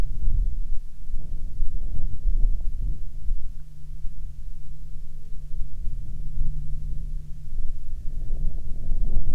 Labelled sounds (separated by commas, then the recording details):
wind
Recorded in the Arctic National Wildlife Refuge, Alaska, on 6 August 2019 at 19:06
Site 49